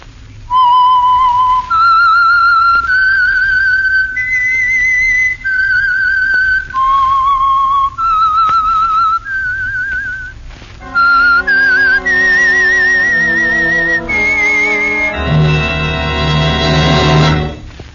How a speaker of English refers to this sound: And for Sunday evening listening pleasure, the signal to listen for is this whistle that identifies the Signal Oil program, The Whistler.